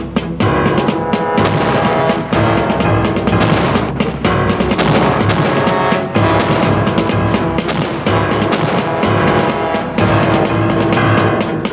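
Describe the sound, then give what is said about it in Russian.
A cannon fires from one of the ships on a shore, heavy booms punching through a dense, loud, continuous wall of battle noise that never lets up, with several sharp blasts standing out along the way. “С одного из кораблей стреляют из пушки.”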